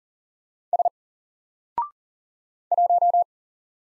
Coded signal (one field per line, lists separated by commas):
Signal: Morse code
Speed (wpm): 40 wpm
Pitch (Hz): 700 Hz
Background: none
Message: S 1